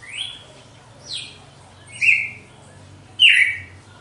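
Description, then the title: Red-cowled cardinal song of four whistled notes, some level, some dropping sharply, a rich loud note closing the short phrase. Female; after the moult; contest bird. "Canto Galo Campina Fêmea 02. GALO DE CAMPINA DEPOIS DA MUDA (disputa)"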